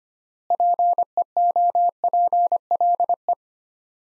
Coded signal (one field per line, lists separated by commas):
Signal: Morse code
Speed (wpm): 25 wpm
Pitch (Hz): 700 Hz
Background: none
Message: PEOPLE